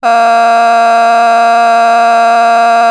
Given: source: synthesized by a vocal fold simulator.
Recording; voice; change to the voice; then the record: sustained vowel; female; vocal strain, level 8 of 10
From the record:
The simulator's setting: 0.78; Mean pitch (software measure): 232 Hz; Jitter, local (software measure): 1.11%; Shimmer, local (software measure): 3.3%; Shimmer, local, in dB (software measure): 0.28 dB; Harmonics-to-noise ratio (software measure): 18.1 dB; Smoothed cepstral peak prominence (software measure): 17.7 dB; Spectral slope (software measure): -17.7 dB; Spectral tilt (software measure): -8.0 dB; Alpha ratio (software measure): -8.1 dB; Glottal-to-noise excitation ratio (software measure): 0.974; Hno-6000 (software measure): 1.8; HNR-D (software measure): 36.3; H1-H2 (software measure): -3.1 dB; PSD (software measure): 5.7e-05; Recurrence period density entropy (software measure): 0.116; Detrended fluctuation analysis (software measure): 0.0092